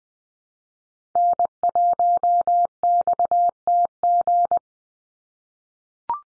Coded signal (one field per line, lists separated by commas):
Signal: Morse code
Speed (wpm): 20 wpm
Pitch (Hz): 700 Hz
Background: none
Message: N1XTG